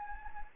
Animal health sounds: mosquito wingbeat signal from an infrared sensor; Anopheles gambiae

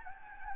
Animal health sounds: mosquito wingbeat signal from an infrared sensor; Anopheles gambiae

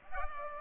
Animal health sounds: mosquito wingbeat signal from an infrared sensor; Culex pipiens

